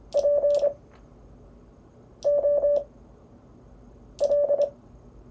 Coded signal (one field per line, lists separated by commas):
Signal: Morse code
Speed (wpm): 25 wpm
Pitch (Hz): 580 Hz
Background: none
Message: POL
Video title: Anatomy of a CW QSO